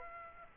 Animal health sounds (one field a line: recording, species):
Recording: mosquito wingbeat signal from an infrared sensor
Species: Aedes aegypti